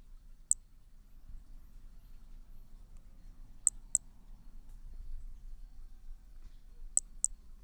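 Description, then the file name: Hermogenes' flea-toad calling with a lone high chirp, then two pairs of chirps about three seconds apart, against a faint low hum. Recorded at Picinguaba on 13 December 2017; individual 2. "MHNCI B hermogenesi Picinguaba ind 2 ex 2 tudo 05 cm 13 dez 2017 MRB"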